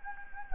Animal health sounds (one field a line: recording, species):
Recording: mosquito wingbeat signal from an infrared sensor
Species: Anopheles gambiae